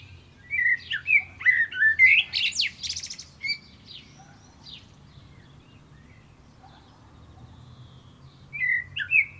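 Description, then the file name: Common blackbird song: fluted warbling phrases followed by a squeaky high twitter, a pause, then another short fluty phrase near the end. "Turdus merula"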